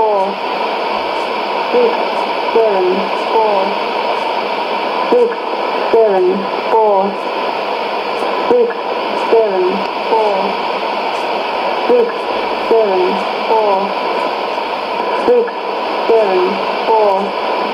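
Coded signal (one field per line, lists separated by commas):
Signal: numbers station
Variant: E17z English Lady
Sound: female voice reading short evenly spaced words, likely numbers, through heavy shortwave static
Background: radio static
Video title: 01 06 2017 Numbers station E17z English Lady in English to Eu 0800 on 16780 in CUSB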